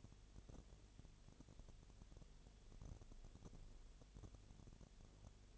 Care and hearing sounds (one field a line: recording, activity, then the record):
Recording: daily activity, microphone in the room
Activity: no activity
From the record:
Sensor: 4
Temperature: 22.6 degrees Celsius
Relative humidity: 32.0%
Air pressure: 1008.1 hPa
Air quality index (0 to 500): 113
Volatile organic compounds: 2 ppm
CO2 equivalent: 1102 ppm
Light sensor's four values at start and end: 2/3/1/1 and 2/3/1/1